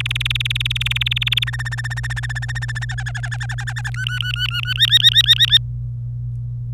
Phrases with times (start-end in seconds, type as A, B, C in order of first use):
0.00-1.44 A, 1.47-2.85 B, 2.89-3.90 C, 3.94-4.74 D, 4.76-5.58 E